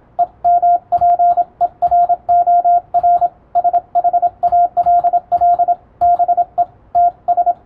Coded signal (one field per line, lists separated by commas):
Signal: Morse code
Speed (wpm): 27 wpm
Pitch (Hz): 700 Hz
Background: radio noise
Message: EMPEROR SHALL BE TS